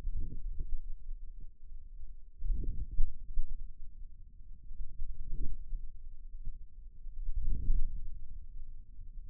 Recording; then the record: forearm muscle sounds (acoustic myography)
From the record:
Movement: hand closing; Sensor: system 2, bracelet of six BSWA MPA416 microphones around the upper forearm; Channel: 4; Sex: male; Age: 22 years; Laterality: right